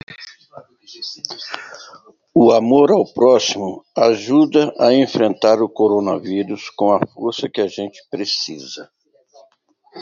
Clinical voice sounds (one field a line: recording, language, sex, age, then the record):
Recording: spoken sentence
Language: Brazilian Portuguese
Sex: male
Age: 60 to 69 years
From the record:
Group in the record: control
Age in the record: 62 years